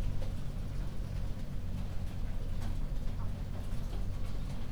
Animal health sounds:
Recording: poultry house recording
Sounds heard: healthy chickens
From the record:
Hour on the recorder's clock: 22

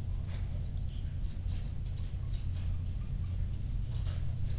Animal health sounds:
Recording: poultry house recording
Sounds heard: healthy chickens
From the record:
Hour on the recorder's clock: 23

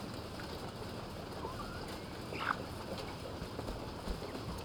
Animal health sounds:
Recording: poultry house recording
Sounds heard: sick chickens (respiratory disease)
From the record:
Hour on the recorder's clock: 20

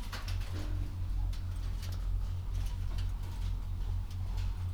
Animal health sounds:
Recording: poultry house recording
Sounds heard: sick chickens (respiratory disease)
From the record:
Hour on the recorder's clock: 22

